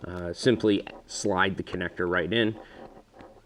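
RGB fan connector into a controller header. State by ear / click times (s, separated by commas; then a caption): seated / 3.2 s. Someone talks while an RGB fan connector is slid into the controller header, guided by its notch. It seats with a short, faint click at 3.2 s.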